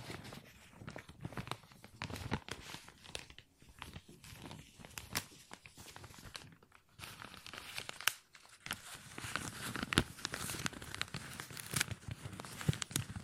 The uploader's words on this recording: ASMR Plastic Crinkle No Talking.